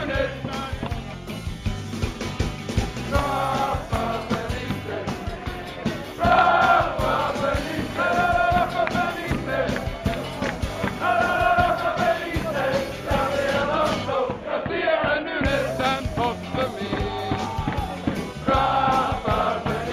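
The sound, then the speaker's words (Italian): A large crowd of Liverpool football fans sings a chant for their former manager Rafa Benitez in unison, a loud, sustained melody repeating in rhythmic phrases with many voices blending together for the whole twenty seconds. “Abbiamo fatto sentire quello che avete sentito, è il coro bellissimo secondo me dei tifosi del Liverpool per Rafa Benitez, che è stato l'allenatore che li ha condotti in cima all'Europa.”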